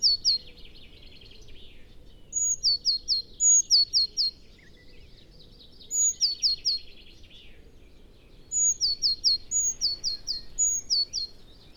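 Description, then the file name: Eurasian blue tit calls: groups of quick, high, descending notes over a scratchy, buzzy chatter, coming in several bouts with short quiet gaps. "Cyanistes caeruleus"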